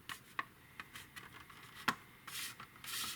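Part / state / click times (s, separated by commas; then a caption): plastic model upper fuselage half onto lower fuselage half / not seated / none. The plastic upper fuselage half of a Su-35 scale model aircraft kit is handled against the lower fuselage half, meant to be pressed together until the locating pins snap home. Sharp little plastic ticks come at about 0.1, 0.4, 0.8 and 1.9 s, followed by soft rustling toward the end. Nothing has seated or clicked home yet.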